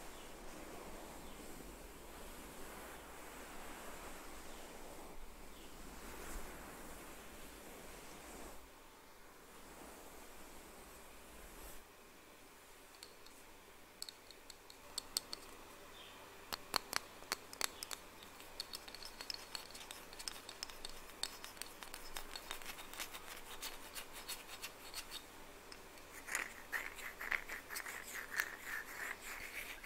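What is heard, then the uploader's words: Scratching and tapping sounds, starting as a soft, steady rushing scrape for the first twelve seconds. After a brief lull, sharp clicky taps come in around fifteen seconds and grow dense and irregular, mixed with brighter scratches toward the end. ASMR Scratching & Tapping!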